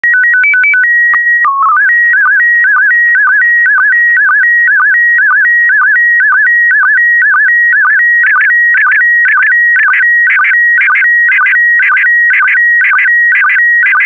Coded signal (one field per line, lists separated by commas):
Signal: SSTV (slow-scan television)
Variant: PD 120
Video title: (05 of 12) Expedition 67 - ARISS Series 20 Women in Space - Retransmission SSTV PD120